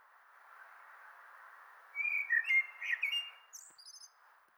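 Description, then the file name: Common blackbird song: a low fluty warble sliding between notes, ending in a high scratchy twitter, over a steady background hiss. "Turdus merula"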